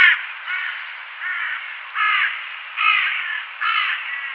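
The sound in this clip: Crow giving a run of about six harsh, raspy caws, spaced a little under a second apart, over a steady background hiss.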